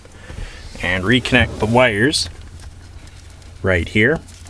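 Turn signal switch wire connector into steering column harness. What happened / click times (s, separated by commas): Handled, not yet home: wiring connector still being fitted / none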